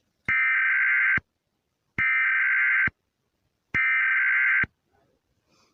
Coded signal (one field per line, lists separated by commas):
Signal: Emergency Alert System (SAME) tones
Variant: header bursts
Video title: The southeast super outbreak (EAS Scenario)